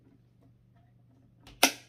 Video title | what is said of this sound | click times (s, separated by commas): Part 1 of The New Addition to The Fam 17hmr Setup | all right let me hear that click that's | 1.6 s